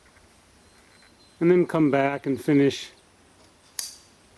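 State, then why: Seated. Someone talks, then the first ridge support joint, which had only been started on the canopy ridge pole, is pushed fully home. It seats with a sharp snap at 3.8 s.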